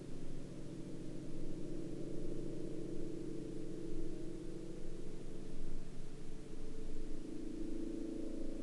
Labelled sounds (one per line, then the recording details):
aircraft
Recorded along the Dempster Highway, Canada, on 10 August 2019 at 21:20
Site 24